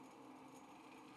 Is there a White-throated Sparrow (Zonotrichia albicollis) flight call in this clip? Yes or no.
no